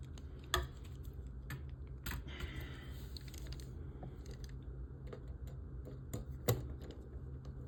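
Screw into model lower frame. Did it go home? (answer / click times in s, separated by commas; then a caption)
no / none. A small screw is driven again into the lower frame and turret ring of a die-cast and plastic Millennium Falcon model kit. Small ticks from the screwdriver and parts are heard over a low steady hum, with two sharper ticks near 0.5 and 6.5 seconds. The screw fails to catch in the frame, and nothing has seated yet.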